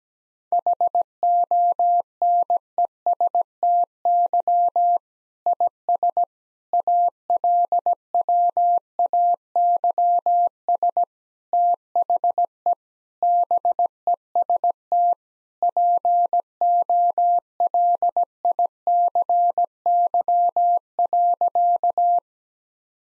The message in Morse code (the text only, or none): HONESTY IS ALWAYS THE BEST POLICY.